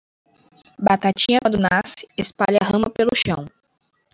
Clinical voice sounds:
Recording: short text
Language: Brazilian Portuguese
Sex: female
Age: 20 to 29 years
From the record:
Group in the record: control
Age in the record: 20 years

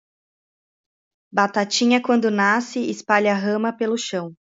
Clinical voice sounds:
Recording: short text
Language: Brazilian Portuguese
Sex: female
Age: 30 to 39 years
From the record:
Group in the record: control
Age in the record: 35 years

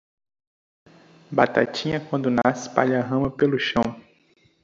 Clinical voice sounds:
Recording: short text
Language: Brazilian Portuguese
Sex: male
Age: 20 to 29 years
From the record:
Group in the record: control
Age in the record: 23 years

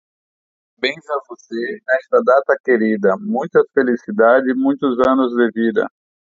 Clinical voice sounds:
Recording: short text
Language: Brazilian Portuguese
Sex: male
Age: 60 to 69 years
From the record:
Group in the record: control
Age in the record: 60 years

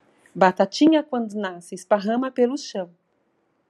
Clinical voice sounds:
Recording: short text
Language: Brazilian Portuguese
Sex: female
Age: 50 to 59 years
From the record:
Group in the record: control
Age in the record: 54 years

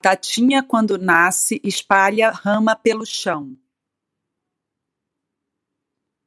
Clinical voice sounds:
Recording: short text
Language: Brazilian Portuguese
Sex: female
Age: 40 to 49 years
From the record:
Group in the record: control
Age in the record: 43 years

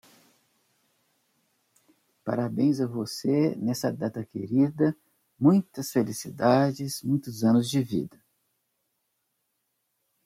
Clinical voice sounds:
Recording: short text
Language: Brazilian Portuguese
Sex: male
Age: 60 to 69 years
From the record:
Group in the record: control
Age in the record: 66 years

